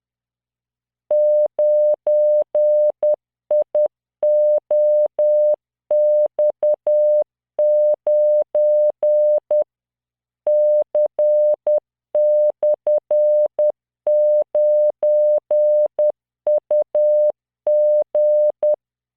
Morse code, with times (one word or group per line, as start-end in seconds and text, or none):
1.1-9.6 9IOX9
10.5-18.7 C/9UG